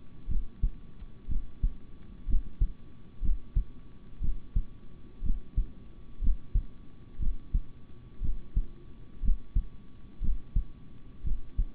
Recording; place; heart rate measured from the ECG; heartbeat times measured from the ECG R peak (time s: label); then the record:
heart sounds by stethoscope; between the tricuspid and mitral areas; 60 bpm
0.27 s: heartbeat
1.28 s: heartbeat
2.26 s: heartbeat
3.21 s: heartbeat
4.20 s: heartbeat
5.22 s: heartbeat
6.20 s: heartbeat
7.19 s: heartbeat
8.21 s: heartbeat
9.21 s: heartbeat
10.21 s: heartbeat
11.23 s: heartbeat
From the record:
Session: rest, sitting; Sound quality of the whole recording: good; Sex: male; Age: 26 years